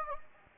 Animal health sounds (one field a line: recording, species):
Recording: mosquito wingbeat signal from an infrared sensor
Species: Anopheles gambiae